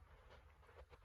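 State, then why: Not seated. A Honda VFR400 NC30 motorcycle fork top cap preload adjuster, refitted without its detent ball bearing, is turned by hand. Only a low background rumble and faint soft scraping swishes are heard, with no sharp transients. The adjuster turns without any detent clicks, and nothing has clicked.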